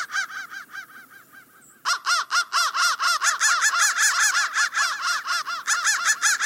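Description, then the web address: Harsh crow caws grow softer and die away, then a loud unbroken series of rasping caws starts suddenly and runs on. "soundfactory crow 1"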